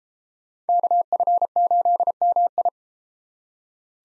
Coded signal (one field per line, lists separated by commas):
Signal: Morse code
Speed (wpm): 31 wpm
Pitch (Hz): 700 Hz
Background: none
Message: KF8MI